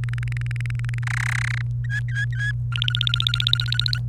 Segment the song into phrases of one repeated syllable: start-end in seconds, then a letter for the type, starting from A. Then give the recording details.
0.03-0.99 A, 1.02-1.61 B, 1.84-2.52 C, 2.72-3.98 D. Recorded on 29 April 2018 at 16:05. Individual llb3